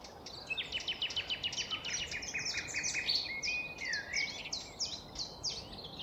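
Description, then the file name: Common nightingale song, a rapid series of repeated notes followed by a clear whistled note and varied phrases, over steady background noise. More than one nightingale, city park in the Netherlands, evening at 7:33 pm, 17 April 2022. "Nightingales Citypark Clean Nl 733 pm 220417"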